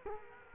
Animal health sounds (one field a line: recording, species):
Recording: mosquito wingbeat signal from an infrared sensor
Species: Culex quinquefasciatus